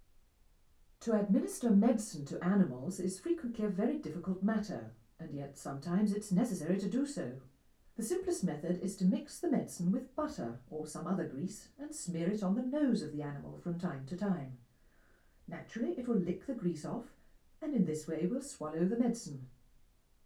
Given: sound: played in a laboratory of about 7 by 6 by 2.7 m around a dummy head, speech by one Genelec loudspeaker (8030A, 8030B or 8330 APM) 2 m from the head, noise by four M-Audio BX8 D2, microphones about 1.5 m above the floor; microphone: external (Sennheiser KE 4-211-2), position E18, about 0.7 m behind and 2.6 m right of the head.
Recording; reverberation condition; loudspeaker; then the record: female speech in English; low; 60 degrees to the right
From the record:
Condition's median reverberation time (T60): about 310 ms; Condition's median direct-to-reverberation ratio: about 3.5 dB